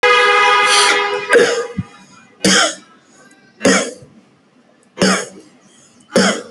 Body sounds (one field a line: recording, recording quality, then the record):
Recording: heavy voluntary cough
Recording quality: excellent, no background noise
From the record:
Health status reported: healthy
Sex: male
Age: 31 years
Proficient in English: yes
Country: India